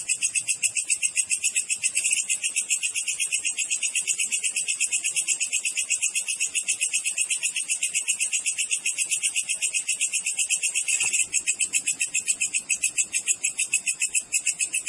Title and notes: Masteran Jangkrik Alam Jernih, Jeda Rapat Cocok Untuk Masteran Burung Dan Mengusir Tikus. suara jangkrik